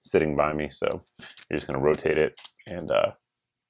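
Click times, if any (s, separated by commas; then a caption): none. Someone talks while handling the gas regulator on a Catamount Fury II 12-gauge semi-automatic shotgun, with the detent pushed down using a flat tool so the regulator can be rotated to the next setting. Only speech is heard, and the regulator has not yet clicked into its next setting.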